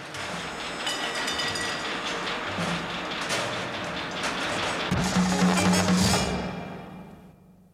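A train rolls steadily along the rails, a dense rumble broken by irregular metallic clacks, with a low humming tone rising briefly near the end before the whole sound fades away.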